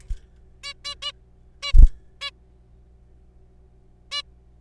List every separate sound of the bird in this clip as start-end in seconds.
0.64-0.73, 0.85-0.94, 1.02-1.12, 1.62-1.72, 2.21-2.31, 4.12-4.22